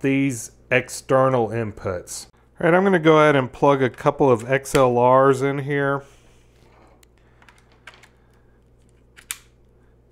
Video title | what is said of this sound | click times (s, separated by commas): Recording Studio On the Go! The Tascam DR-40 Portable Digital Recorder | are locking xlrs you might have heard it click when I pushed it in | 9.3 s